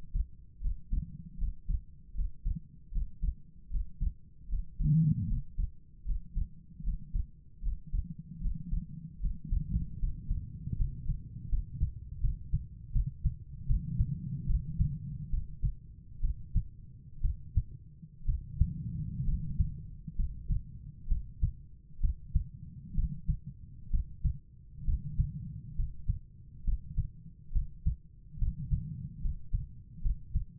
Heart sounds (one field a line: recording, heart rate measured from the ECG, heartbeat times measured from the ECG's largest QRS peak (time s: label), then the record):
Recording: heart sounds by stethoscope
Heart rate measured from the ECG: 71 bpm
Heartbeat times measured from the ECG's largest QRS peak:
0.60 s: heartbeat
1.36 s: heartbeat
2.13 s: heartbeat
2.90 s: heartbeat
3.69 s: heartbeat
4.47 s: heartbeat
5.26 s: heartbeat
6.04 s: heartbeat
6.82 s: heartbeat
7.61 s: heartbeat
8.40 s: heartbeat
9.19 s: heartbeat
9.98 s: heartbeat
10.76 s: heartbeat
11.48 s: heartbeat
12.20 s: heartbeat
12.91 s: heartbeat
13.66 s: heartbeat
14.46 s: heartbeat
15.29 s: heartbeat
16.20 s: heartbeat
17.21 s: heartbeat
18.25 s: heartbeat
19.24 s: heartbeat
20.15 s: heartbeat
21.07 s: heartbeat
22.00 s: heartbeat
22.94 s: heartbeat
23.90 s: heartbeat
24.84 s: heartbeat
25.75 s: heartbeat
26.64 s: heartbeat
27.52 s: heartbeat
28.38 s: heartbeat
29.21 s: heartbeat
30.01 s: heartbeat
From the record:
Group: healthy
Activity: rest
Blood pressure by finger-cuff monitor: 105/75 mmHg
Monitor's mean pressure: 85 mmHg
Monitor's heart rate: 76 bpm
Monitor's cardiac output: 5.4 L/min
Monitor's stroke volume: 71 mL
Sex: female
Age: 32 years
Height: 172 cm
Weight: 71.7 kg